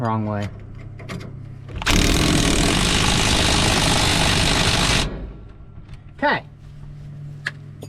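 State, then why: Torque reached. Someone tightens a shock absorber mounting bolt on an M3 shock on a squarebody Chevy truck with a click-type torque wrench, after switching the ratchet direction. Someone talks, a loud steady broadband noise runs from about 1.9 to 5.1 s, and then a single sharp click comes at 7.5 s. The click shows the bolt has reached its torque setting.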